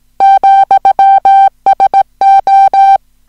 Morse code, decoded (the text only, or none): ,SO